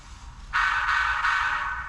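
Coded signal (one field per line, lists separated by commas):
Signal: train horn signal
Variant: steam locomotive whistle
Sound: breathy steam-style whistle starting abruptly, with faint breaks suggesting blasts, cut off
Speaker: three short blasts of the whistle then I start moving in the reverse Direction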